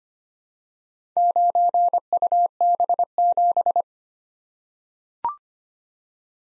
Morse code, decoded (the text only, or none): 9UB7